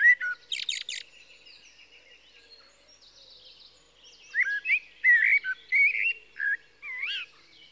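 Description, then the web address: Common blackbird song: a brief, high twittering burst, a soft pause, then a run of rich, rising and falling whistled notes. "BBC Sound Effects Library - 47 (Birds) 01 Blackbird (Turdus Merula)"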